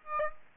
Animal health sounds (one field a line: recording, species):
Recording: mosquito wingbeat signal from an infrared sensor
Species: Aedes aegypti